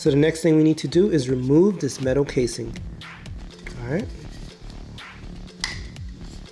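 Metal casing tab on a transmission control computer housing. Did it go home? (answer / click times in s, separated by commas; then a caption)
released / 5.6 s. Someone talks while removing the metal casing from the transmission control computer assembly of a 1995 Daihatsu Hijet, then pries or pushes a casing tab. The tab clicks loose at about 5.6 s, and the casing clip pops open easily.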